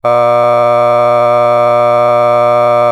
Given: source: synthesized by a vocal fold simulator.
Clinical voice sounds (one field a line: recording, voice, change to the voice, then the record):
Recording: sustained vowel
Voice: male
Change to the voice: a random mix of aspiration noise, stiffness perturbation and strain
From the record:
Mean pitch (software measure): 120 Hz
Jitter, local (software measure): 0.74%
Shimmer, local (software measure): 1.6%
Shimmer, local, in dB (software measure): 0.14 dB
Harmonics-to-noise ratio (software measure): 20.9 dB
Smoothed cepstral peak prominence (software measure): 20.8 dB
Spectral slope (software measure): -16.3 dB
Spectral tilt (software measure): -10.2 dB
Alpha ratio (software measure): -6.8 dB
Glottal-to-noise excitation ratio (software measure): 0.989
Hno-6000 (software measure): 2.2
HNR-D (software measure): 32.5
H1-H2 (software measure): 3.7 dB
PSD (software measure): 5.7e-05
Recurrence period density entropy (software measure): 0.114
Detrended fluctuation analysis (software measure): 0.0366